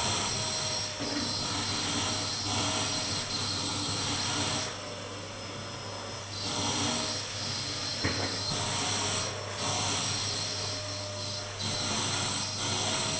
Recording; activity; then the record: daily activity, microphone in the room; vacuum cleaning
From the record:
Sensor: 4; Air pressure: 992.6 hPa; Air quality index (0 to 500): 146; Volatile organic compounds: 94 ppm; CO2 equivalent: 3712 ppm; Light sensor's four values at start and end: 18/62/23/24 and 19/65/24/25